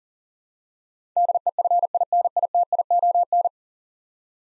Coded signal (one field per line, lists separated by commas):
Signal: Morse code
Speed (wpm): 40 wpm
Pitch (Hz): 700 Hz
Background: none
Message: DEFINITION